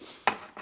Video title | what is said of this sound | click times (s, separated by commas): $500 per hour! DIY body work | very simple that pops into place can't get easier than that | 0.3 s